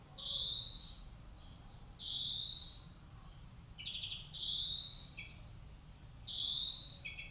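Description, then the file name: European greenfinch repeating a nasal, upslurred wheeze roughly every two seconds, four times, with short clipped notes tucked in after some. "Chloris chloris"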